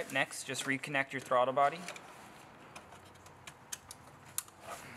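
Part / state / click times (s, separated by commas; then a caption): throttle body electrical connector into throttle body socket / seated / 4.4 s. Someone talks as the electrical connector is pushed back onto the throttle body socket of a 2012 VW Jetta 2.5 L engine, part of a fix for check-engine codes P3078 (airflow at idle too low) and P0106 (manifold pressure sensor). After a few faint taps, a sharp, short click at 4.4 s marks the connector seating fully.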